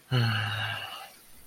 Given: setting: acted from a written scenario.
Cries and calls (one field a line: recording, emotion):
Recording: vocal sound without words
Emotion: disappointment